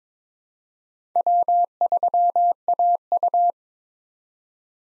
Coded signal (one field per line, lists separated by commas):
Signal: Morse code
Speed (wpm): 22 wpm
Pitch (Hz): 700 Hz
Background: none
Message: W3AU